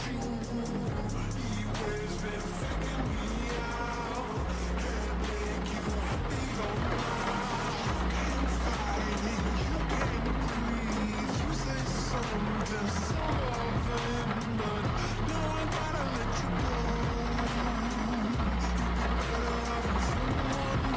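Inside a car in the rain, a steady, dense rumble fills the whole clip, with a deep low drone that shifts in blocks every few seconds. Bright ticking and patter run across the top throughout, and faint voices seem to come and go underneath.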